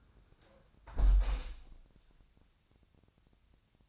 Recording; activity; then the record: daily activity, microphone in the room; close window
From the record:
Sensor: 2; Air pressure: 1000.3 hPa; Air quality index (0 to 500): 136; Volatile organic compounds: 2 ppm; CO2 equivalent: 1140 ppm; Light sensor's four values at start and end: 11/30/12/14 and 11/30/11/13